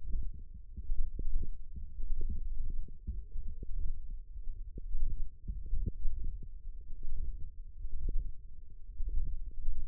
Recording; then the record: forearm muscle sounds (acoustic myography)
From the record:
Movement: wrist extension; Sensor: system 1, eight BSWA MPA416 microphones around the upper forearm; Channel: 3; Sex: male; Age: 23 years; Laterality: right